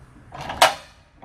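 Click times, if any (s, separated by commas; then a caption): 0.6 s. A spring bar on a Blue Ox weight-distribution trailer hitch is turned counterclockwise with the small supplied wrench into its trunnion latch on the hitch head. A scraping rattle builds from about 0.3 s, then a sharp metallic click at 0.6 s, and a faint tick near 1.2 s. The spring bar clicks into place and is secured.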